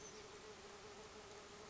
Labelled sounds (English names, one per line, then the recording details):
Oak Titmouse
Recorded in Sonoma County, California